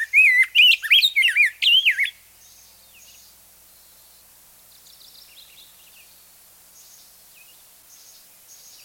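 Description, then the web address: Rose-breasted grosbeak song, a quick run of rich warbled whistled phrases lasting about two seconds, followed by near silence with faint high chirps. "Birds of the Chicago Region. Rose-breasted Grosbeak"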